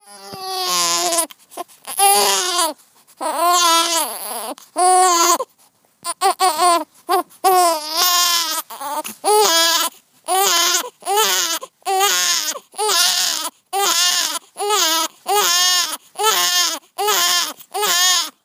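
A newborn baby's high-pitched crying: a few long, wavering wails at first, then a steady run of short rhythmic cries about once a second, with quick gasps between them. An ordinary newborn cry.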